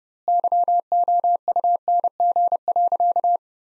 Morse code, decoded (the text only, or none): YOUNG.